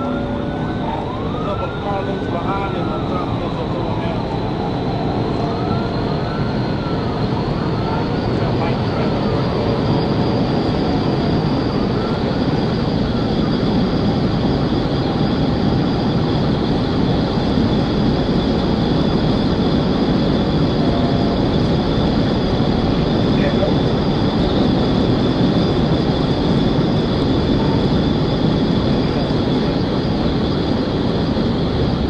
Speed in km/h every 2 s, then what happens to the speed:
142, 151, 166, 169, 179, 184, 185, 188, 192, 195, 196, 200, 201, 201, 198, 187.
0-21 speeds up to 200. 21-32 slows to 187.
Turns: none.